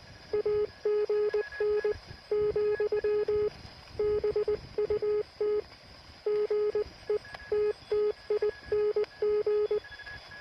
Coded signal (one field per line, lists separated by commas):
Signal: Morse code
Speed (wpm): 19 wpm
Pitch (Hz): 420 Hz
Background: none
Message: AGN, BUT GETTING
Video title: Its just NOT SOTA! Lockdown QRP CW on a nearby hill